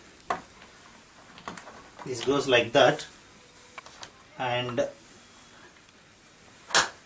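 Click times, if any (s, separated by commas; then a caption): 6.8 s. A rear wheel is pushed into its socket on the plastic base of a Chicco Band baby walker while someone talks, with a few light taps and knocks along the way. At 6.8 s the wheel snaps into place with a soft, sharp click, and it is seated.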